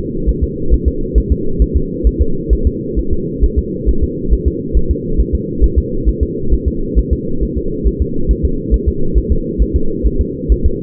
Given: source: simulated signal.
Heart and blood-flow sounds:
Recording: fetal heart sounds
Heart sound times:
0.29 s: S1
0.44 s: S2
0.74 s: S1
0.88 s: S2
1.18 s: S1
1.32 s: S2
1.62 s: S1
1.77 s: S2
2.07 s: S1
2.22 s: S2
2.53 s: S1
2.67 s: S2
2.99 s: S1
3.13 s: S2
3.44 s: S1
3.59 s: S2
3.89 s: S1
4.03 s: S2
4.33 s: S1
4.48 s: S2
4.77 s: S1
4.91 s: S2
5.20 s: S1
5.35 s: S2
5.64 s: S1
5.78 s: S2
6.09 s: S1
6.23 s: S2
6.53 s: S1
6.68 s: S2
6.99 s: S1
7.13 s: S2
7.43 s: S1
7.58 s: S2
7.87 s: S1
8.02 s: S2
8.31 s: S1
8.45 s: S2
8.74 s: S1
8.88 s: S2
9.18 s: S1
9.32 s: S2
9.62 s: S1
9.76 s: S2
10.06 s: S1
10.21 s: S2
10.52 s: S1
10.66 s: S2
From the record:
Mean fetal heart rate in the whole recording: 135 bpm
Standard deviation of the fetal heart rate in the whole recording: 3 bpm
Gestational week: 34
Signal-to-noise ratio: -8.1 dB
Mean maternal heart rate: 72 bpm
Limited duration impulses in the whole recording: absent

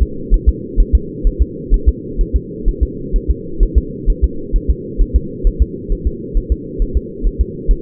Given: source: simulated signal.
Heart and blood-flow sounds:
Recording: fetal heart sounds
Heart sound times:
0.03 s: S2
0.34 s: S1
0.49 s: S2
0.80 s: S1
0.95 s: S2
1.27 s: S1
1.42 s: S2
1.74 s: S1
1.88 s: S2
2.21 s: S1
2.36 s: S2
2.68 s: S1
2.83 s: S2
3.16 s: S1
3.31 s: S2
3.63 s: S1
3.78 s: S2
4.10 s: S1
4.24 s: S2
4.56 s: S1
4.70 s: S2
5.01 s: S1
5.16 s: S2
5.47 s: S1
5.62 s: S2
5.92 s: S1
6.07 s: S2
6.37 s: S1
6.52 s: S2
6.82 s: S1
6.97 s: S2
7.26 s: S1
7.41 s: S2
7.71 s: S1
From the record:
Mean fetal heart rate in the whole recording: 130 bpm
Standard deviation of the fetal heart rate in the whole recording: 4 bpm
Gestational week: 38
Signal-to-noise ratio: -4.3 dB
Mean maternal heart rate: 72 bpm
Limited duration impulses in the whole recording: absent

